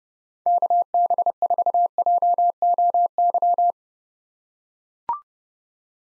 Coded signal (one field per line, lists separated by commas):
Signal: Morse code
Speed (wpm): 32 wpm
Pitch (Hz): 700 Hz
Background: none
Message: KB4JOY